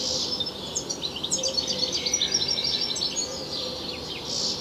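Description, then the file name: European goldfinch song: a lively jumble of high tinkling notes and short trills, continuous throughout, with a faint low drone behind. "Carduelis carduelis"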